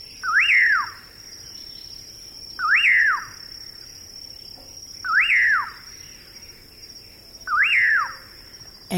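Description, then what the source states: Common Pauraque calls: four whistled notes that rise then drop sharply, repeated about every two and a half seconds, with a steady high hum behind. Calls from thorn scrub along the Rio Grande at the southern tip of Texas.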